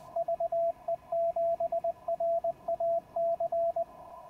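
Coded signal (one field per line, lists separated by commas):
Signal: Morse code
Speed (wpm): 20 wpm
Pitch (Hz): 670 Hz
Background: radio noise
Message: VE7RAC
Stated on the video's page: QRP contacts at 5 watts from the field on the 20 meter band, reaching far-away stations.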